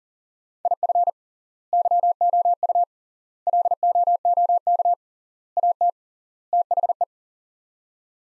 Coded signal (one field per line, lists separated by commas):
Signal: Morse code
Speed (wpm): 40 wpm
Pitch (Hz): 700 Hz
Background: none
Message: IF YOU LOOK AT THE